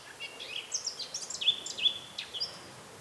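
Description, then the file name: Eurasian blackcap song, a short burst of high sliding whistles and chirps, a few notes louder than the rest. "Sylvia atricapilla"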